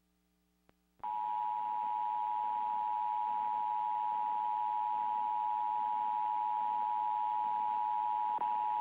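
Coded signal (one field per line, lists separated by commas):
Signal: Emergency Alert System (SAME) tones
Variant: 853 and 960 Hz attention tone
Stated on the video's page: Television station EAS test, resent after an earlier botched test.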